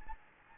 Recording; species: mosquito wingbeat signal from an infrared sensor; Anopheles gambiae